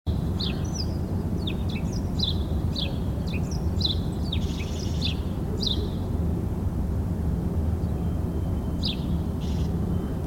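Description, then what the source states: House sparrows giving quick, busy high chirps, thick at first and then sparser, with a constant low traffic-like roar underneath. Several house sparrows chirping briskly in winter.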